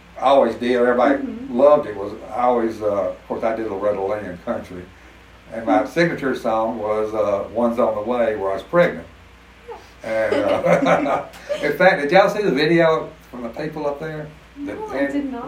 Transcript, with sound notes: always did- everybody loved it, was I always, uh- course I did Loretta Lynn, country, and my signature song was uh- One’s On the Way, where I was pregnant. (laughs) In fact, did y’all see the video from the people up there?
No, I did not.